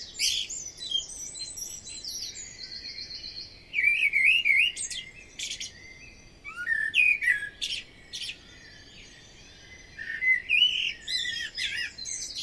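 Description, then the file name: Common blackbird song: mellow fluted warbles, each phrase ending in a thin squeaky twitter, several phrases with pauses between. "Amsel"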